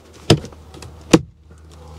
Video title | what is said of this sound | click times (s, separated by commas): 2014 - 2018 GMC Sierra Cabin Air Filter Replacement Chevy Silverado Suburban Tahoe Yukon - Easy DIY! | and it should snap in place | 0.3 s, 1.1 s